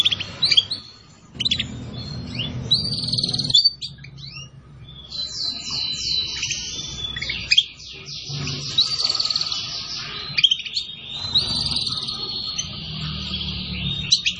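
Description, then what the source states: Canary song in long rolling trills and buzzy runs of repeated notes, high and sustained, broken by short gaps, over a low background hum. Song used as a lure for catching birds.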